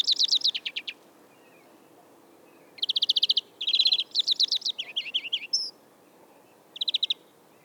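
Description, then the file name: European greenfinch song: a trill, a long pause, then rapid trills and wavering warbled notes, ending with a brief trill. "Chloris chloris"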